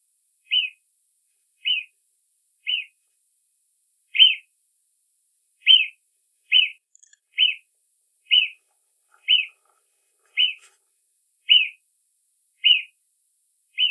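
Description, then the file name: Marmot giving sharp, high whistles, each a short piercing note, repeated about once a second with thirteen calls in steady succession; otherwise silent. Recorded in 2006. "Murmeldjur 2006"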